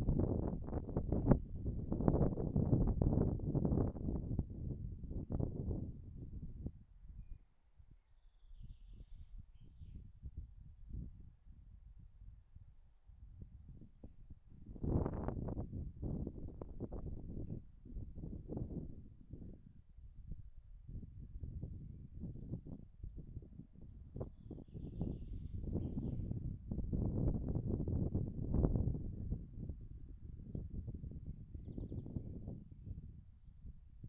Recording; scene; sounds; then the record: everyday scene through a hearing-aid microphone; wind on the microphone; wind, birds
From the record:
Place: in front of a rural house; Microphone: behind the ear, right, front